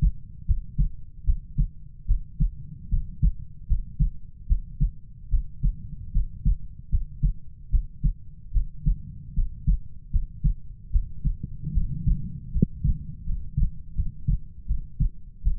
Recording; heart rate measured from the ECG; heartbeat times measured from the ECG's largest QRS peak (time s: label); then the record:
heart sounds by stethoscope; 76 bpm
0.45 s: heartbeat
1.24 s: heartbeat
2.06 s: heartbeat
2.89 s: heartbeat
3.66 s: heartbeat
4.46 s: heartbeat
5.29 s: heartbeat
6.11 s: heartbeat
6.89 s: heartbeat
7.69 s: heartbeat
8.51 s: heartbeat
9.33 s: heartbeat
10.10 s: heartbeat
10.90 s: heartbeat
11.72 s: heartbeat
12.51 s: heartbeat
13.24 s: heartbeat
13.94 s: heartbeat
14.66 s: heartbeat
15.42 s: heartbeat
From the record:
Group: healthy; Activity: rest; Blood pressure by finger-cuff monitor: 93/53 mmHg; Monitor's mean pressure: 66 mmHg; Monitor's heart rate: 75 bpm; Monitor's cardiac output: 6.9 L/min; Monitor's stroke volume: 92 mL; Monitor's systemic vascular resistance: 680 dyn s/cm5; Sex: female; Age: 19 years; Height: 163 cm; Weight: 48.9 kg